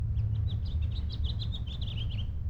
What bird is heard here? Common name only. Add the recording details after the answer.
House Finch. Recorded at Lynbrook on Long Island, New York, on 17 June 1975. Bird D